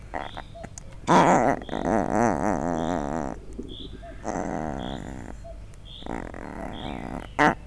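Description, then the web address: Leopard cub growling and snarling in rough, pulsing bursts, a long harsh bout followed by two shorter ones, with faint high chirps between them. Three-week-old cub recorded at a zoo in Miskolc in 2009, a few centimetres from the microphone. "allathangok miskolcizoo 2009 standardt leopard haromheteskolyokparcentireamikrofontol"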